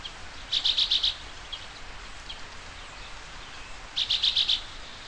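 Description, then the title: Bird song: two rapid, high, pulsing phrases of about six notes each, separated by a few soft single chips and a steady background hiss. "LuckyPassaro Completos2Sama"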